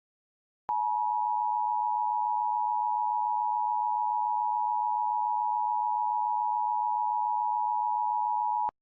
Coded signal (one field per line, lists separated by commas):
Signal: Emergency Alert System (SAME) tones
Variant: 853 and 960 Hz attention tone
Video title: The goods and bads of EAS Scenarios